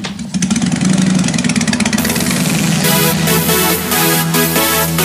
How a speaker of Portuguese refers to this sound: Cuidado com a moto!